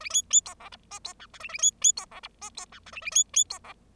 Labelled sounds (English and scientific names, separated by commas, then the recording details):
Bengalese Finch (Lonchura striata domestica) song
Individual Bird0